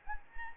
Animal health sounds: mosquito wingbeat signal from an infrared sensor; Anopheles gambiae

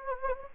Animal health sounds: mosquito wingbeat signal from an infrared sensor; Anopheles gambiae

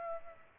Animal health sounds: mosquito wingbeat signal from an infrared sensor; Aedes aegypti

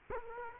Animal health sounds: mosquito wingbeat signal from an infrared sensor; Culex quinquefasciatus

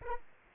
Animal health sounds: mosquito wingbeat signal from an infrared sensor; Aedes aegypti

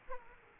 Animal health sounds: mosquito wingbeat signal from an infrared sensor; Aedes aegypti

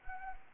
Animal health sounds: mosquito wingbeat signal from an infrared sensor; Anopheles gambiae

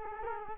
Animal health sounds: mosquito wingbeat signal from an infrared sensor; Culex quinquefasciatus

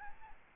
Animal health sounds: mosquito wingbeat signal from an infrared sensor; Aedes albopictus

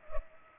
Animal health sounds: mosquito wingbeat signal from an infrared sensor; Culex pipiens

